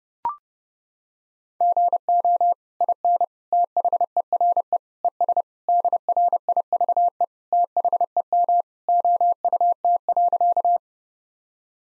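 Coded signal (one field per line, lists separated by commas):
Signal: Morse code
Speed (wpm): 29 wpm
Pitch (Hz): 700 Hz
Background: none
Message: GO IN THERE ES DRIVE THEM OUT.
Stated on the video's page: Morse head-copy drill at 30 wpm of sentences from the top 500 words and abbreviations, each sent twice.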